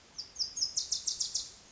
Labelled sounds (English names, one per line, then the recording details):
Bewick's Wren
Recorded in Sonoma County, California